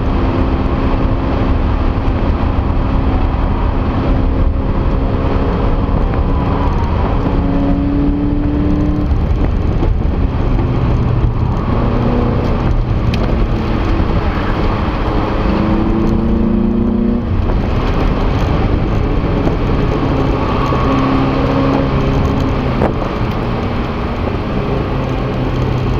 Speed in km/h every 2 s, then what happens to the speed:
120, 124, 130, 131, 136, 109, 105, 103, 108, 97, 93, 75, 65.
0-8 speeds up to 136. 8-26 brakes to 65.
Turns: 0-6, 15-26.